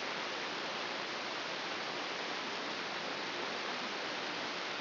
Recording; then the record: brain microelectrode recording played as sound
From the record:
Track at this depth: inside the subthalamic nucleus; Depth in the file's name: 2.632 mm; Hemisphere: left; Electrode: 3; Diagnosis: Parkinson's disease